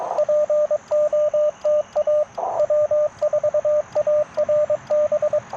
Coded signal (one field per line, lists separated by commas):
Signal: Morse code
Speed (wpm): 22 wpm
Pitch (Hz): 600 Hz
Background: radio noise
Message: POTA W4ARB